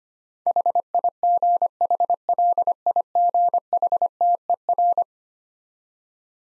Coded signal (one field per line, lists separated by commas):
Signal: Morse code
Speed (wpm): 25 wpm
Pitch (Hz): 700 Hz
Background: none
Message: HIGHLIGHTER